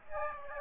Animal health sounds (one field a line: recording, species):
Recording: mosquito wingbeat signal from an infrared sensor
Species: Aedes aegypti